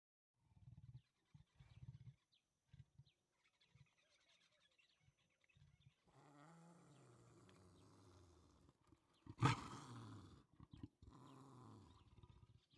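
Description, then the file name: Leopard growling: a series of short low rasping grunts at first, then a long rumbling growl that breaks into a sharp, loud snarl before easing off. "Digiffects Sound Effects Library - Leopard Growls and Roars"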